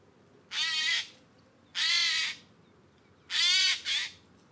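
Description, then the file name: Eurasian jay uttering loud, grating screech calls, three spaced bursts with the last one doubled into a quick pair. "Garrulus glandarius"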